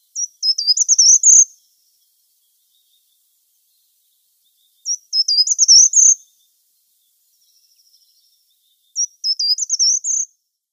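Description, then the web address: Short-toed treecreeper song, a short, very high phrase of quick, sharp, up-and-down notes, given three times a few seconds apart, with quiet between. "Schulze Peter Short-toed Treecreeper song"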